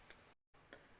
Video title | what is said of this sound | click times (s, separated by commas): Cardmaking with Dies: Crafty Christmas Card with Reindeer and Penguin | slots seated in the notch at the bottom and then the satisfying click of pulling the penguin through | 0.1 s, 0.7 s